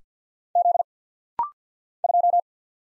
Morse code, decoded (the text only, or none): Z 2